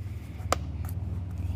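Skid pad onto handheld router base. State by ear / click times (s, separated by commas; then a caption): seated / 0.5 s. A new plastic skid pad is pressed onto the base of an Origin Gen2 handheld CNC router until it clicks into place at 0.5 s with one sharp, bright snap, followed by fainter ticks around 0.9 s. A steady low hum runs underneath throughout, and the skid pad ends up seated.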